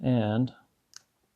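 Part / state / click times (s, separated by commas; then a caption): sensor mount lever into pistol rail cross slot / seated / 1.0 s. A broken-in plastic MantisX Gen 2 sensor housing slides onto a pistol rail, and its lever is let go. Someone talks, then the plunger snaps into the rail's cross slot with a sharp click at 0.96 s. The mount is seated.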